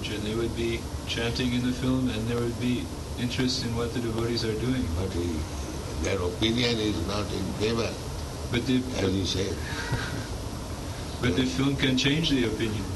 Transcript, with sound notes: And there would be chanting in the film, and there would be interest in what the devotees are doing.
But their opinion is not in favor, as you said.
[laughs] But the film can change the opinion.